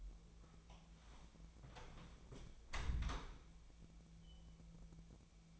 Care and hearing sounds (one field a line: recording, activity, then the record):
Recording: daily activity, microphone in the room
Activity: close door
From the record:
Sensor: 1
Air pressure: 1000.5 hPa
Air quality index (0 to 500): 181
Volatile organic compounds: 4 ppm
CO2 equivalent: 1672 ppm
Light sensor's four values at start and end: 12/30/12/14 and 12/29/12/14